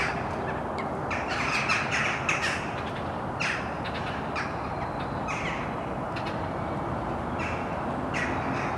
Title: Mariahoeve, Den Haag, Nederland - Vogels mariahieve